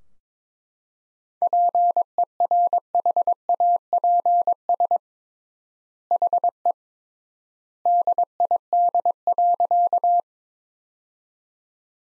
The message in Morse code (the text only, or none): PERHAPS HE DID.